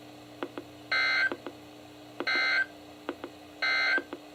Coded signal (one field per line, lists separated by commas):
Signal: Emergency Alert System (SAME) tones